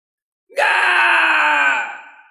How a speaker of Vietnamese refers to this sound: Đột nhiên truyền tới tiếng rít gào, đó là tiên dược kia phát ra.